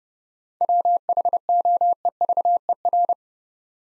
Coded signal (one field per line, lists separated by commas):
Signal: Morse code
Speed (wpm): 30 wpm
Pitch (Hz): 700 Hz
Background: none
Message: WHOEVER